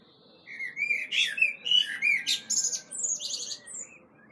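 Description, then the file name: Common blackbird singing a continuous phrase of rich, varied whistles mixed with thin, high chattering notes throughout. "Turdus merula"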